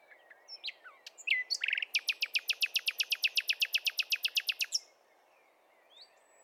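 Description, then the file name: Common nightingale song: a few chirps lead into a long, fast, steady series of many loud repeated clicking notes, then near silence. "Luscinia megarhynchos"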